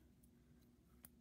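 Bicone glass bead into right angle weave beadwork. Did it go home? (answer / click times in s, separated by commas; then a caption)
yes / 1.0 s. A bicone glass bead on beading thread is pulled tight and pops into position between beads in right angle weave beadwork. Over a low, steady background hum, a single short, bright snap sounds at 1.0 s, with a few fainter ticks before it. The bead seats in place.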